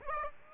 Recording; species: mosquito wingbeat signal from an infrared sensor; Aedes aegypti